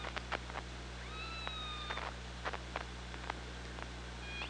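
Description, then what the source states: Killer whale calls: a long level tonal call with bright harmonics near the start, another call at the end, and clicks scattered throughout over low humming. Recorded on the OrcaLab hydrophone, 24 August 2017 at 15:47.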